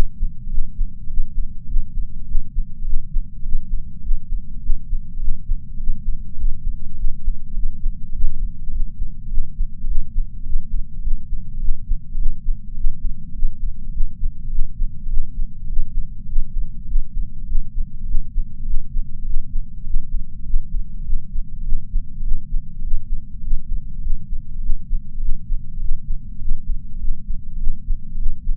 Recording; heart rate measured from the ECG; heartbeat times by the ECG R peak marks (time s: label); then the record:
heart sounds by patch sensor on the chest; 102 bpm
0.50 s: heartbeat
1.07 s: heartbeat
1.68 s: heartbeat
2.27 s: heartbeat
2.86 s: heartbeat
3.43 s: heartbeat
4.01 s: heartbeat
4.52 s: heartbeat
5.21 s: heartbeat
5.77 s: heartbeat
6.36 s: heartbeat
6.97 s: heartbeat
7.55 s: heartbeat
8.12 s: heartbeat
8.72 s: heartbeat
9.30 s: heartbeat
9.88 s: heartbeat
10.43 s: heartbeat
11.01 s: heartbeat
11.61 s: heartbeat
12.18 s: heartbeat
12.74 s: heartbeat
13.33 s: heartbeat
13.93 s: heartbeat
14.51 s: heartbeat
15.10 s: heartbeat
15.67 s: heartbeat
16.26 s: heartbeat
16.86 s: heartbeat
17.46 s: heartbeat
18.07 s: heartbeat
18.67 s: heartbeat
19.16 s: heartbeat
19.84 s: heartbeat
20.44 s: heartbeat
20.99 s: heartbeat
21.65 s: heartbeat
22.24 s: heartbeat
22.81 s: heartbeat
23.41 s: heartbeat
24.01 s: heartbeat
24.62 s: heartbeat
25.16 s: heartbeat
25.79 s: heartbeat
26.39 s: heartbeat
27.00 s: heartbeat
27.60 s: heartbeat
28.19 s: heartbeat
From the record:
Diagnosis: coronary artery disease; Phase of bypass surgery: intraoperative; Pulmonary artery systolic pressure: 20 mmHg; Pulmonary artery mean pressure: 11 mmHg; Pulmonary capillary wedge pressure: 4 mmHg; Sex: male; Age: 69 years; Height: 174 cm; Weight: 79 kg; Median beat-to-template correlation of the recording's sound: 0.72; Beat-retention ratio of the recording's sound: 0.98